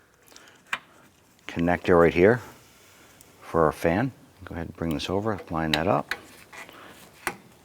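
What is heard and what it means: The electrical connector for the radiator cooling fan assembly on a 2004-2008 Acura TL is brought over and lined up with the fan while someone talks. Brief sharp handling sounds occur around 0.7 s and 7.3 s. Nothing has seated or clicked yet.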